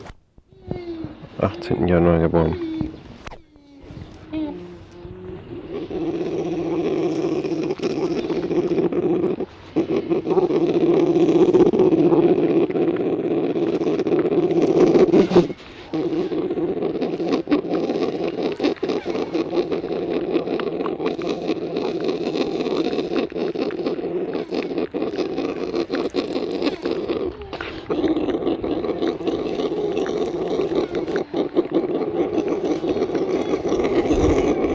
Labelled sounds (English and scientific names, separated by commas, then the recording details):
Brown Bear (Ursus arctos)
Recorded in captivity
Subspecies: middendorffi
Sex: group
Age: juvenile
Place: Zoo Rostock, Mecklenburg-Vorpommern, DE
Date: 1966-05-24 15:00
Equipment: Uher 4200 Report Monitor, Sennheiser MD 421, Transistorverstärker 2
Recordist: Tembrock, Günter
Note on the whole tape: Kodiakbär (Ursus arctos middendorffi): Jungtiere, "Schniefen", Langlaute und zuletzt beim Saugen am Finger. Abstand 1-2 m, zuletzt 50 cm. Aufnahmen zwichen 14.30 und 16.00 Uhr